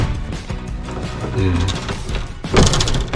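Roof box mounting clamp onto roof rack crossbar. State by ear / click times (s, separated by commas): seated / 2.7 s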